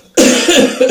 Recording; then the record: coughing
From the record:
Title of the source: Spring Cold Coughing.